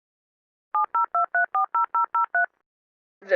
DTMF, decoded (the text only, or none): 702340003